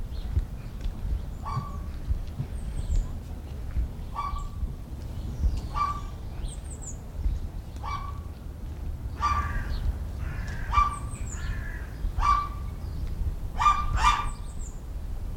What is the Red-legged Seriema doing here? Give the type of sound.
call